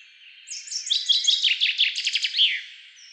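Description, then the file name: Common chaffinch song: a lively cascading trill of quick repeated notes that descends, finishing with an emphatic terminal flourish. "Fringilla coelebs"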